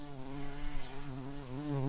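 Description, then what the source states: Garden bumblebee buzzing with a low, steady, droning hum rich in overtones, wavering slightly in pitch and growing a little louder near the end. Queens.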